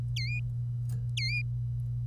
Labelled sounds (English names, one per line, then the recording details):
Domestic Canary song
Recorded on 25 April 2018 at 08:30
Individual llb3